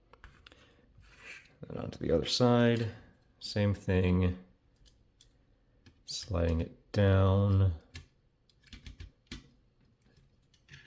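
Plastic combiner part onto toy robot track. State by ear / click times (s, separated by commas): not seated / none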